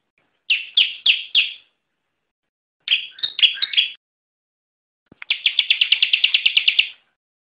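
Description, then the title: Bar-winged prinia song: four sharp chirps, a tangled phrase of quick notes, then a long, rapid, even trill of high notes. Song in 'semi' style; long-duration recording from a collection of tutor (masteran) songs. "Suara Ciblek Semi"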